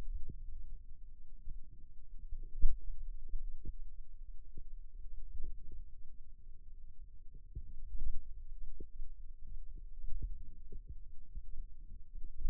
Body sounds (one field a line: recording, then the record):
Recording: forearm muscle sounds (acoustic myography)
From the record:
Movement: hand opening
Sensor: system 2, bracelet of six BSWA MPA416 microphones around the upper forearm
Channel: 5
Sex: female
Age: 22 years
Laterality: right